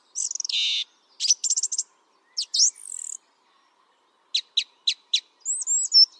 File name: Pevchij drozd - Pesnya pevchego drozda (Zvyki com)